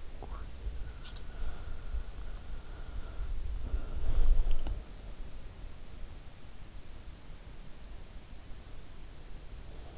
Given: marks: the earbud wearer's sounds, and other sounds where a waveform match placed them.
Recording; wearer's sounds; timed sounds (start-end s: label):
sounds in sleep by an in-ear microphone; breath
0.00-4.92 s: breath